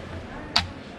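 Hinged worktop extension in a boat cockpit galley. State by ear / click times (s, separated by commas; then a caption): seated / 0.6 s. A hinged extra worktop surface in a boat's cockpit galley is flipped up to give space to set things down while preparing lunch or grilling. A single sharp, short click at 0.6 s stands out over a steady low background rumble as the worktop locks into its deployed position.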